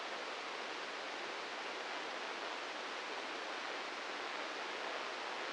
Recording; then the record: brain microelectrode recording played as sound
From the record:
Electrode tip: inside the subthalamic nucleus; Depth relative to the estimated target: -1 mm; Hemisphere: right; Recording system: NeuroSet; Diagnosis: Parkinson's disease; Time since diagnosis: 15 years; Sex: male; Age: 65 years